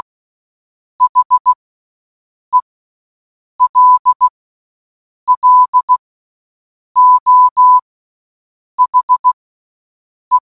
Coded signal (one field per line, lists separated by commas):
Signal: Morse code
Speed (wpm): 16 wpm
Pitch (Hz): 1000 Hz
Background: none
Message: HELLO HE